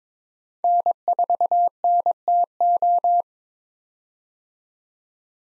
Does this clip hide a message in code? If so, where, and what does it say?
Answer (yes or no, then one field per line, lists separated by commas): yes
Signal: Morse code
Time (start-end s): 0.6-3.2 s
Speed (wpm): 22 wpm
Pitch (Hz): 700 Hz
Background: none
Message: N4NTO